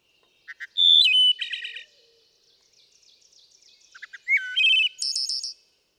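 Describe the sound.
Wood thrush song: soft low notes, then a clear fluted phrase ending in a high buzzy trill, given twice with a quiet pause between.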